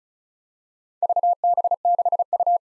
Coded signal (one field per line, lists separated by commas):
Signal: Morse code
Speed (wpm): 36 wpm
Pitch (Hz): 700 Hz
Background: none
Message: VB6U